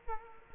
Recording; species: mosquito wingbeat signal from an infrared sensor; Culex quinquefasciatus